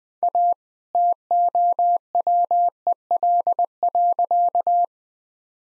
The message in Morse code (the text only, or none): A TOWEL.